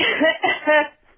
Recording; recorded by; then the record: voluntary cough; telephone call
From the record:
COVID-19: positive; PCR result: checked with the laboratory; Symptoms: yes